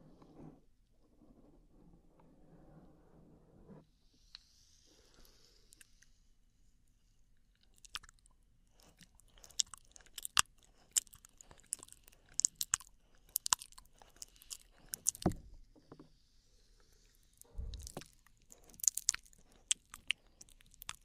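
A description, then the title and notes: Quiet wet mouth sounds with sharp clicks and crackles, sparse at first, then growing dense and busy after eight seconds, with soft rustling between. Intense Mouth Sounds.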